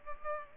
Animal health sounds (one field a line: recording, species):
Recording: mosquito wingbeat signal from an infrared sensor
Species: Culex pipiens